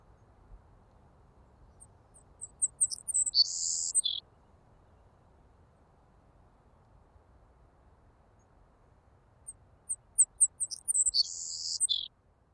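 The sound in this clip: Saltmarsh sparrow song: two bouts of thin, high ticking notes, each ending in a hissy, buzzy burst, with quiet between them.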